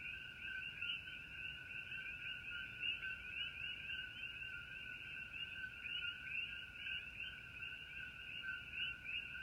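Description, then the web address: Common coquí chorus: dense overlapping two-tone calls, a steady lower note and repeated rising higher chirps, forming an unbroken shimmering wall of sound. Coquí frogs at night. "starry night coqui frogs ambiance"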